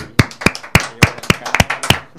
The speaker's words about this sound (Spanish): Un aplauso, por favor.